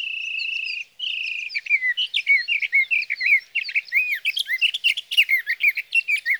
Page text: Birdsong for the Curious Naturalist: Explore #7. 61. Sage thrasher songs, through the night. from the evening of June 12 to the morning of June 15, 2018, in Sierra Valley, California